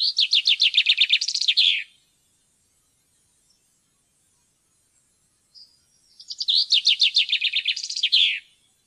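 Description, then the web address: Common chaffinch song: two bright descending phrases of rapid repeated notes ending in a flourish, about two seconds each, separated by a pause with brief soft notes. "fuglelyder- bokfink"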